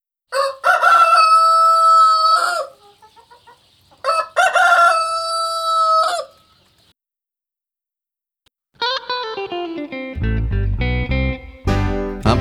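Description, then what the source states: Rooster crowing twice, each a loud drawn-out cock-a-doodle-doo held for about two seconds, followed by further harsh, stepped sounds and low thumping near the end. Farm rooster.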